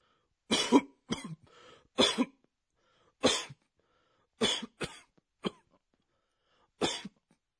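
About eight harsh, heavy cough bursts in irregular clusters from an adult: an acted severe, racking hacking cough, the kind Japanese calls 'gohogoho'.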